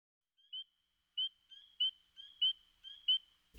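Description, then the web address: Spring peeper giving several short, high, upward-slurred peeps at an uneven pace over a faint continuous high tone. "Dan Gibson Wildlife Identification By Sound, Eastern North America Pt 1. Spring Peeper Frog"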